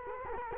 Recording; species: mosquito wingbeat signal from an infrared sensor; Culex quinquefasciatus